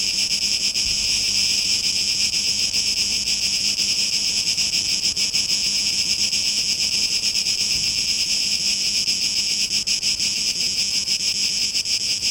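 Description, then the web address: Cicada buzz forming an unbroken, piercing high drone with a quick wavering pulse, with a quiet low rumble running along. Dated 2023-08-17; tape mix and tape echo mix versions. "rauschpartikel 2023-08-17 Zikaden"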